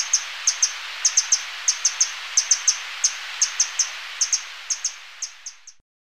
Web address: Natures Songs S America Birds of Ecuador Brown Inca